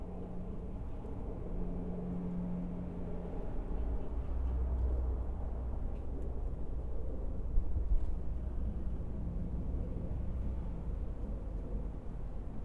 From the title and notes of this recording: A stereo recording of our backyard. The recording was made near one deciduous tree, and three evergreen trees, two living, one x-mas, next to the fence pictured above.